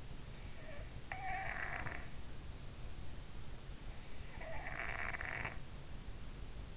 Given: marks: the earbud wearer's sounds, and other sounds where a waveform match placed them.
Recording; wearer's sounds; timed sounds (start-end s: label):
sounds in sleep by an in-ear microphone; snoring breath
0.58-2.35 s: snoring breath
4.01-6.35 s: snoring breath